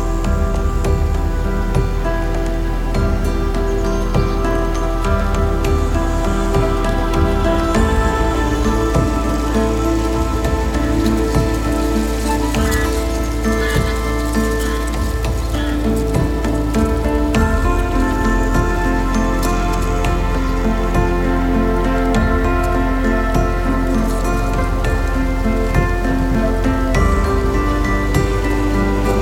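Wind and rain on the Hochgern: a dense, unbroken rush with a heavy low rumble that holds steady for the whole half minute. A fine patter of raindrops runs over it, with a few brighter spatters around the middle, while the overall loudness barely changes.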